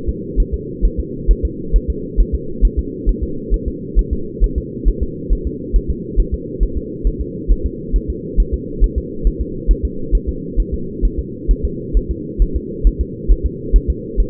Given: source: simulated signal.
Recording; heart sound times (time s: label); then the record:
fetal heart sounds
0.09 s: S2
0.40 s: S1
0.54 s: S2
0.85 s: S1
0.99 s: S2
1.31 s: S1
1.45 s: S2
1.76 s: S1
1.90 s: S2
2.20 s: S1
2.35 s: S2
2.65 s: S1
2.79 s: S2
3.09 s: S1
3.23 s: S2
3.54 s: S1
3.68 s: S2
3.99 s: S1
4.13 s: S2
4.44 s: S1
4.58 s: S2
4.88 s: S1
5.03 s: S2
5.33 s: S1
5.47 s: S2
5.76 s: S1
5.90 s: S2
6.20 s: S1
6.34 s: S2
6.63 s: S1
6.77 s: S2
7.07 s: S1
7.21 s: S2
7.51 s: S1
7.66 s: S2
7.96 s: S1
8.10 s: S2
8.40 s: S1
8.54 s: S2
8.84 s: S1
8.98 s: S2
9.27 s: S1
9.41 s: S2
9.71 s: S1
9.85 s: S2
10.15 s: S1
10.29 s: S2
10.60 s: S1
10.74 s: S2
11.05 s: S1
11.19 s: S2
11.51 s: S1
11.65 s: S2
11.97 s: S1
12.11 s: S2
12.42 s: S1
12.56 s: S2
12.87 s: S1
13.01 s: S2
13.31 s: S1
13.46 s: S2
13.76 s: S1
13.90 s: S2
14.20 s: S1
From the record:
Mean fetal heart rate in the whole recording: 135 bpm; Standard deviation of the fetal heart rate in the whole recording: 3 bpm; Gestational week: 36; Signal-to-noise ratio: -4.3 dB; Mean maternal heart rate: 72 bpm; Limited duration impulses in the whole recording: absent